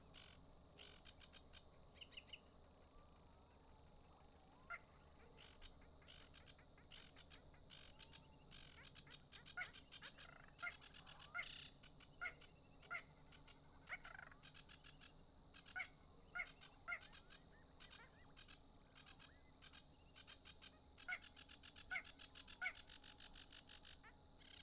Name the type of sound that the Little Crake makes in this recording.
mating call